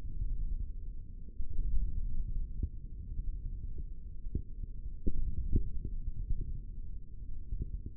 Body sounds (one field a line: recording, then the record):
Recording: forearm muscle sounds (acoustic myography)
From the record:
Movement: index flexion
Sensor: system 3, bracelet of six PUI Audio POM-2738L microphones around the upper forearm, with dedicated amplification and filtering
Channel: 5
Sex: male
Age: 23 years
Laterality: right